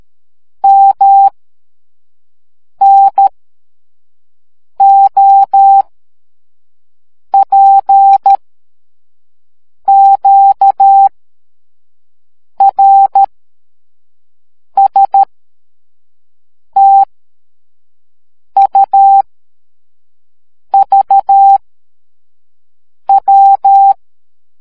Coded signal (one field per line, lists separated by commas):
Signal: Morse code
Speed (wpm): 13 wpm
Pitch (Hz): 790 Hz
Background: none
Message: M N O P Q R S T U V W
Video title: See and hear Morse Code